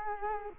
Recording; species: mosquito wingbeat signal from an infrared sensor; Culex quinquefasciatus